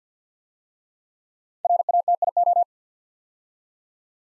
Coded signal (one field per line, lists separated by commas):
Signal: Morse code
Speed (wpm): 52 wpm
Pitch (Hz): 700 Hz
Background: none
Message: RATIO